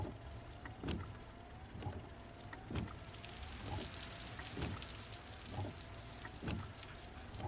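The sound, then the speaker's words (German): Rain patters steadily outside, a soft hiss of drops broken by regular thudding taps about once a second, over a low humming rumble. No one speaks. “Und der Regen draußen.”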